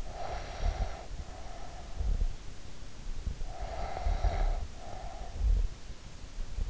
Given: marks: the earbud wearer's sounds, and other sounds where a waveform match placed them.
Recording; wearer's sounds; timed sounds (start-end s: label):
sounds in sleep by an in-ear microphone; breath
0.14-2.38 s: breath
3.43-5.46 s: breath